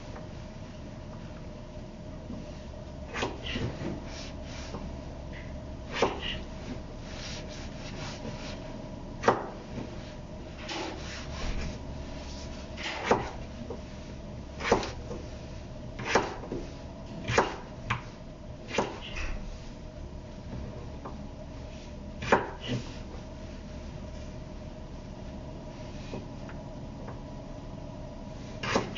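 Vegetables being chopped on a board, sharp knife taps arriving irregularly every second or two over a steady low hum.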